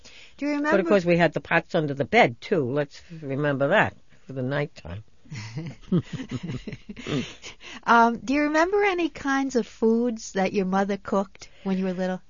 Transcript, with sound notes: Do you remember...
But, of course, we had the pots under the bed, too. Let's remember that. It was night time. ( they laugh )
Do you remember any kinds of foods that your mother cooked when you were little?